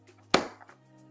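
A sliding tray bracket for a Milwaukee Packout folding/detachable tool tray mount is pushed into the printed side mount. It locks into position with one sharp hit at 0.3 s, followed by a couple of faint ticks over a steady low hum. The bracket is seated and locked in place.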